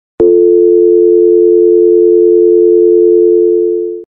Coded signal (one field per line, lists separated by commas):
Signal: telephone call progress tone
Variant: North America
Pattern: dial tone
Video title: For you Phone Dial Tone sound effect HD (Sound FX Library)